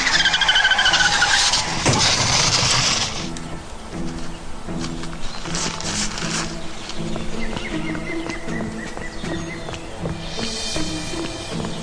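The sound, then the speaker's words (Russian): A Zhiguli car swerves sharply to avoid a tire rolling down a hill, with a loud, high-pitched screech of skidding tires lasting a few seconds, then settles into a steady engine rumble while birds chirp and coo faintly. “Водитель заметил скат и резко принял в сторону.”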